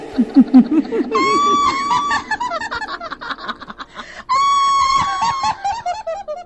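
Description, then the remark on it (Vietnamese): A demon screams in panic: two long, shrill, wavering shrieks, each loud and sustained, preceded by harsh low guttural cackling and gasping sounds. “Con quỷ hét lên trong hoảng loạn.”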